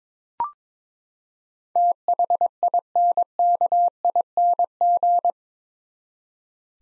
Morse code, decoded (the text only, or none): THINKING